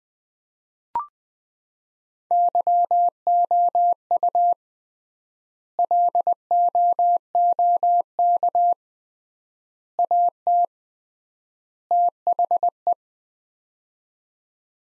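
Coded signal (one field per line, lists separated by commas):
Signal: Morse code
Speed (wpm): 21 wpm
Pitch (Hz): 700 Hz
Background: none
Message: YOU LOOK AT THE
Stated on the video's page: Morse practice of four-word sets at 20 wpm with 3x word spacing, a Farnsworth-like method applied to words, for head-copying.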